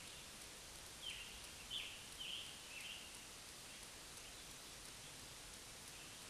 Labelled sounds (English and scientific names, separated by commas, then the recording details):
Scarlet Tanager (Piranga olivacea) song
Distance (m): 80 m
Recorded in a Pennsylvania forest on 1 June 2023 at 08:08
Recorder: AudioMoth, point grid3_8_high
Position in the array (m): 165 m, 140 m